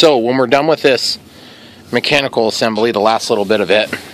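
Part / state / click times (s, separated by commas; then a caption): model glider wing into fuselage wing latch / not seated / none. A model glider wing is being handled for fitting into the fuselage wing latch of a Volantex RC / Lanyu ASW-28. Over 4.2 seconds, someone talks, with a quieter gap of faint rustling around 1.2–1.9 seconds. Nothing has seated or clicked yet.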